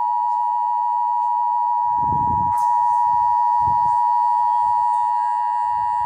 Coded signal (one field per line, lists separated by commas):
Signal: Emergency Alert System (SAME) tones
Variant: 853 and 960 Hz attention tone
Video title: Tornado Watch #211(EAS#337) 5/12/2022